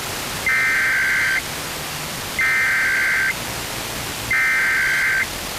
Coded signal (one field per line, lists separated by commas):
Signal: Emergency Alert System (SAME) tones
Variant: header bursts